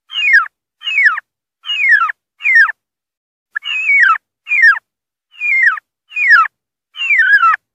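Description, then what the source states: Turkey calling with rasping squeals that drop steeply in pitch, repeated at irregular intervals with a short pause partway through. Turkey giving a distress call.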